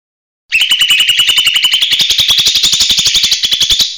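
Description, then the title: Bird song: one continuous rapid trill of evenly pulsed high chirps that rises slightly in pitch and keeps going for over three seconds. "SuaraBurung Kicau1"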